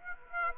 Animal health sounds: mosquito wingbeat signal from an infrared sensor; Aedes aegypti

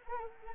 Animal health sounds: mosquito wingbeat signal from an infrared sensor; Anopheles arabiensis

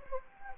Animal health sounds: mosquito wingbeat signal from an infrared sensor; Anopheles gambiae

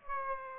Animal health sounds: mosquito wingbeat signal from an infrared sensor; Aedes aegypti

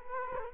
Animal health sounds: mosquito wingbeat signal from an infrared sensor; Culex quinquefasciatus

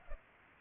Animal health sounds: mosquito wingbeat signal from an infrared sensor; Culex pipiens

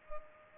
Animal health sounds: mosquito wingbeat signal from an infrared sensor; Culex pipiens

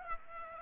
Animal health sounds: mosquito wingbeat signal from an infrared sensor; Aedes aegypti

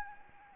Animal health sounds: mosquito wingbeat signal from an infrared sensor; Anopheles arabiensis

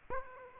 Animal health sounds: mosquito wingbeat signal from an infrared sensor; Aedes aegypti

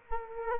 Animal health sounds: mosquito wingbeat signal from an infrared sensor; Culex quinquefasciatus

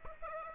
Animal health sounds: mosquito wingbeat signal from an infrared sensor; Aedes aegypti

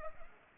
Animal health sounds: mosquito wingbeat signal from an infrared sensor; Culex pipiens

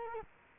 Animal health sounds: mosquito wingbeat signal from an infrared sensor; Culex quinquefasciatus

